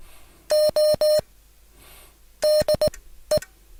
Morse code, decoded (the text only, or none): O DE